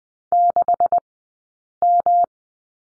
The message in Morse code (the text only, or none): 6M